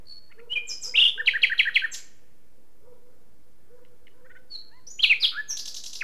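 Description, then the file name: Common nightingale song: a thin whistle, then a burst of quick repeated notes, a pause with faint low tones, and another loud, varied phrase. "Luscinia megarhynchos"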